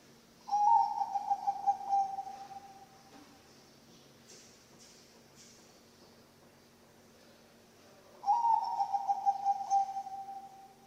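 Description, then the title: Zebra dove cooing song, two steady quavering phrases about eight seconds apart, with faint soft noises in the quiet gap. Bangkok-type zebra dove song, used as a training (masteran) recording for other birds and as a lure (pancingan). "mster Mnuk. SUARA OCEHAN BURUNG PERKUTUT BANGKOK Untuk MASTERAN dan PANCINGAN"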